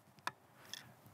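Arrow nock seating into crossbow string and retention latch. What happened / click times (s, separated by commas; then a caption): The arrow nock clicked into its retention latch / 0.3 s. After cocking a Ravin R26X crossbow, an arrow is pressed back so its nock seats into the string and retention latch. A sharp click lands at 0.3 s, with a faint tick just before it and a second, softer click at about 0.7 s. The arrow is seated.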